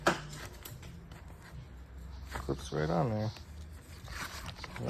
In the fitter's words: let me click it down doesn't click though but it does fit which is interesting